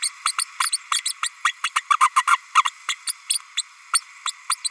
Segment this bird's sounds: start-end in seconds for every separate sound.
0.02-0.10, 0.25-0.32, 0.38-0.44, 0.60-0.70, 0.91-1.02, 1.05-1.13, 1.22-1.29, 1.44-1.52, 1.63-1.70, 1.75-1.81, 1.90-1.97, 2.00-2.09, 2.15-2.23, 2.27-2.38, 2.55-2.63, 2.88-2.95, 3.07-3.12, 3.29-3.38, 3.57-3.62, 3.93-4.00, 4.25-4.32, 4.49-4.55, 4.64-4.69